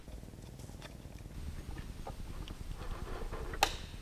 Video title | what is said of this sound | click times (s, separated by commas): iMac Hard Drive Upgrade to SSD, Full Procedure, iMac late 2009, 2010, 2011, 2012 | Okay, here we go. You heard the click. | 3.6 s